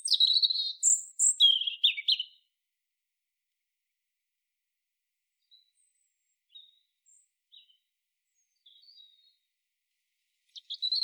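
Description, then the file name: European robin song: a burst of high, thin warbled notes and trills for two seconds, a long pause with faint scraps, then another phrase begins. "Erithacus rubecula"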